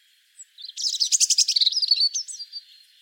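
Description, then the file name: European robin song: a rapid, buzzy trill of repeated notes, followed by a string of clearer whistled notes that slide and fade away. "Erithacus rubecula"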